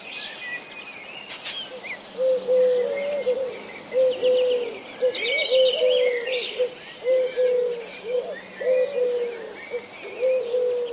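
Eurasian collared dove cooing, low hollow notes repeated in phrases, with higher chirping songbirds in the background.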